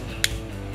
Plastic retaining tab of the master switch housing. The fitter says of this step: here that one click one click and